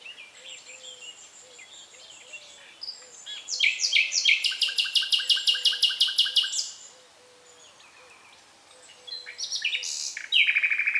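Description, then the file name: Common nightingale song: scattered thin whistles, then a loud rapid buzzy trill repeated for about three seconds, a pause, and another harsh rattling phrase at the end. "Luscinia megarhynchos"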